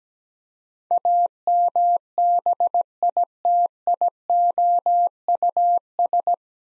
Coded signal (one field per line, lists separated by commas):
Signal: Morse code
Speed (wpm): 17 wpm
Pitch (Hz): 700 Hz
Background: none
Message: AMBITIOUS